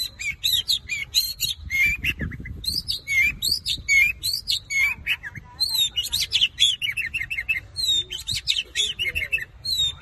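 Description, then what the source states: Long-tailed shrike song of quick varied phrases, arched whistled notes and twittering chirps strung together continuously for ten seconds, shifting pitch and pattern often. Combination song style (kombinasi).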